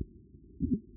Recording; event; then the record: neck accelerometer signal played as sound; voluntary cough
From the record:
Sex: female